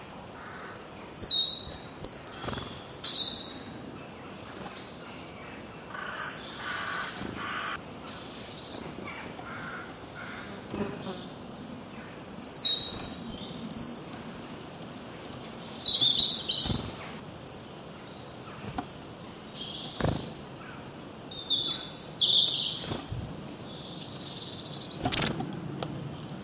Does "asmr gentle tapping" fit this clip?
no